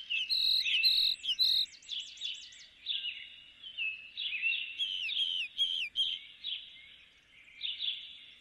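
Birds singing high, varied phrases: quick repeated whistled notes, a wavering rolling trill, and scattered sharp chirps from several birds.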